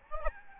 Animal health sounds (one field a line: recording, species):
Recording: mosquito wingbeat signal from an infrared sensor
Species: Aedes albopictus